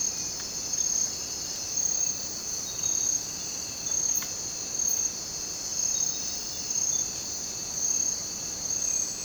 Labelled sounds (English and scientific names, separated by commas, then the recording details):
none
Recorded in dense forest near Puerto Asís, Putumayo, Colombia, on 19 June 2025 at 04:30
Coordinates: 0.484, -76.317
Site G045